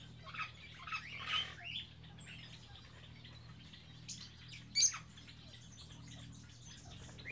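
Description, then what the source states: Birds making sparse high chirps and thin whistles, a sharp loud call near five seconds, with a steady low hum in the background. Birds kept in an aviary on Spetses.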